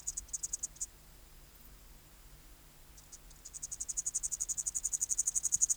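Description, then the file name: Upland green bush-cricket song, starting in short bursts of high pulses, falling silent for about two seconds, then building back into a continuous buzzy trill. "Tettigonia cantans"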